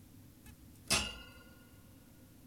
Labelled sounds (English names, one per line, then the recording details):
Zebra Finch
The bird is an adult
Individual g17y2U